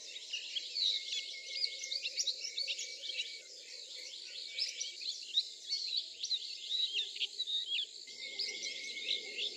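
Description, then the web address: Swinhoe's white-eye chatter, dense and continuous, made of quick high chirps and trills over a constant thin whining tone and faint low rumble. Recorded at Yushan, Taiwan. "綠繡眼. Yushan"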